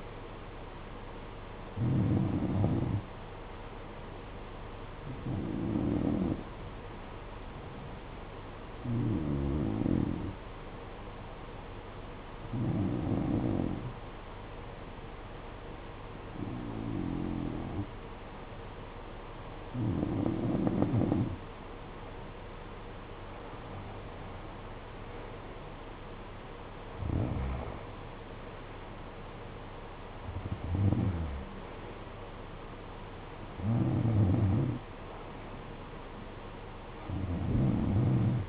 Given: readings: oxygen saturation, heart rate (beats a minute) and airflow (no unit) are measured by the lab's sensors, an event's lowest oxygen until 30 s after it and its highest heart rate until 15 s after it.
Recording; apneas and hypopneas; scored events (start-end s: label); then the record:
breathing in sleep by a voice recorder at the bedside; 1
6.00-24.30 s: hypopnea (N2, oxygen 93% highest, then 89% lowest, heart rate 57 at the start, 64 highest)
From the record:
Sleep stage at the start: N2 (light sleep); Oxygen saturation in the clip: 89 to 93%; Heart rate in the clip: 55 to 64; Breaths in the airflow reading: 11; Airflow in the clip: -12.2 to 10.7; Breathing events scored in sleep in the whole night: 476 in 9.7 hours asleep